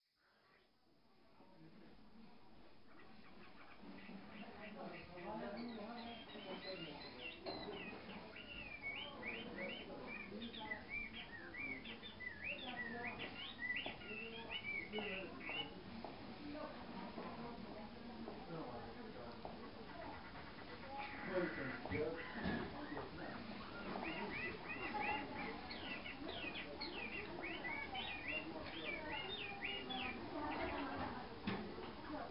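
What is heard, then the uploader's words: A quiet street carries a steady murmur of people talking, with bird chirps repeating above the voices from about 6 to 15 seconds and again from 21 seconds on. The sound fades in over the first few seconds, then holds fairly even. China - morning on a quiet street. Ambient sounds from a quiet street in Lijiang, China.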